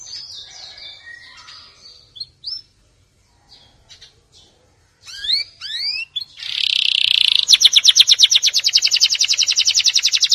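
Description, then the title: Canary song starting with faint scattered notes and gaps, then curved whistled swoops, a high trill and a long rapid rattling roll. "Kenari"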